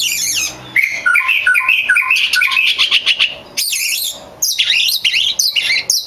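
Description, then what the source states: Oriental magpie-robin pouring out a quick sequence of bubbling whistled notes, then loud scratchy phrases in several bursts. Champion (juara) song, used as masteran tutor song.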